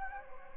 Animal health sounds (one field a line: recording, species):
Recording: mosquito wingbeat signal from an infrared sensor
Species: Anopheles gambiae